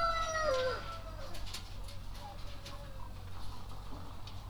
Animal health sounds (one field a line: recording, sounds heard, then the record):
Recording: poultry house recording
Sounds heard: sick chickens (respiratory disease)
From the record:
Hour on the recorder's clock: 1